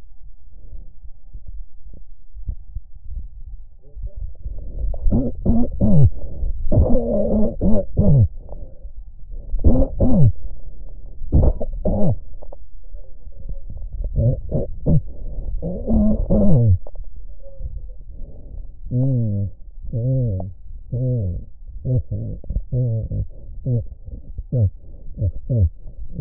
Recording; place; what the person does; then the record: lung sounds by stethoscope; left anterior apical chest; quiet breathing, then cough and speech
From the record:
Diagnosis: pulmonary infection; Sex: male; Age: 86 years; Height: 165 cm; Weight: 65 kg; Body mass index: 23.9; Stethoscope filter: extended mode